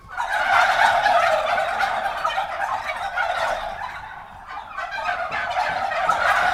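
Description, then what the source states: Turkey gobbling loud and sustained, a rolling rattle from several birds at once that barely pauses. Recorded at a turkey farm.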